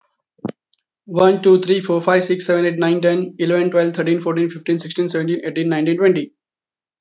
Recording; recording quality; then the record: counting at a fast pace; excellent, no background noise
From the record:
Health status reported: healthy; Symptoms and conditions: cough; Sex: male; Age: 30 years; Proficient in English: yes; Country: India